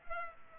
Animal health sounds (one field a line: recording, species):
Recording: mosquito wingbeat signal from an infrared sensor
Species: Culex pipiens